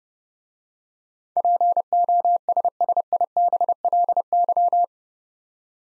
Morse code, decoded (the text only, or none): POSSIBLY